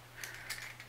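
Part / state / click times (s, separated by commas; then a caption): plastic toy part into toy robot/vehicle body / seated / 0.2 s, 0.8 s. A plastic toy part is fitted into its slot in the body of a plastic toy robot racer during assembly. Short plastic clicks sound at 0.2 and 0.8 seconds over a steady low hum, with some faint scraping between them. The part fits and locks in place.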